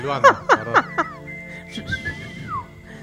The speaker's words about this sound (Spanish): Silbando, y haciendo todos sus personajes. Pues él tiene el hombre de las mil voces.